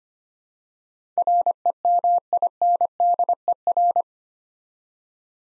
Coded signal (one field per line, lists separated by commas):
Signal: Morse code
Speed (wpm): 25 wpm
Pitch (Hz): 700 Hz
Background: none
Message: REMINDER